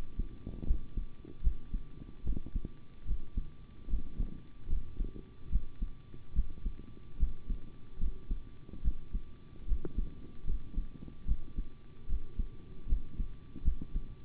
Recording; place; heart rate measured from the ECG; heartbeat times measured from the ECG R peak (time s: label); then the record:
heart sounds by stethoscope; between the tricuspid and mitral areas; 74 bpm
0.65 s: heartbeat
1.42 s: heartbeat
2.24 s: heartbeat
3.05 s: heartbeat
3.88 s: heartbeat
4.68 s: heartbeat
5.50 s: heartbeat
6.33 s: heartbeat
7.18 s: heartbeat
7.98 s: heartbeat
8.82 s: heartbeat
9.66 s: heartbeat
10.45 s: heartbeat
11.26 s: heartbeat
12.07 s: heartbeat
12.87 s: heartbeat
13.63 s: heartbeat
From the record:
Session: rest, sitting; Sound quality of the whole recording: good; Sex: male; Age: 25 years